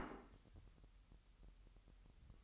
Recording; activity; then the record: daily activity, microphone in the room; place plate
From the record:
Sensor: 3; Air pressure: 1002.0 hPa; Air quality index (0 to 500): 248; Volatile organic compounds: 52 ppm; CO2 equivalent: 3323 ppm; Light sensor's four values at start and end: 12/36/16/13 and 12/36/16/13